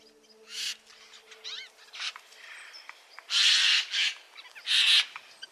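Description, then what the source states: Eurasian jay calls: harsh, rasping screeches in uneven bursts, louder toward the end, with softer scratchy sounds between them. Jays in the large aviary of the comparative cognition lab, psychology department, Cambridge, England; March morning with weak sun through clouds; calling because they are not used to visitors.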